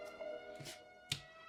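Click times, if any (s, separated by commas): 1.1 s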